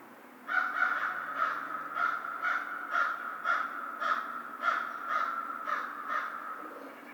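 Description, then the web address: American crow giving a long run of harsh, evenly spaced caws, about two per second, roughly a dozen in all. Recorded on 2 March 2010. "American Crow 2010 03 02"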